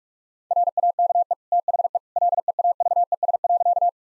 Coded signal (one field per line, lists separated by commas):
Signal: Morse code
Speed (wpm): 41 wpm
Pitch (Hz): 700 Hz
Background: none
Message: RAKE THE LEAVES.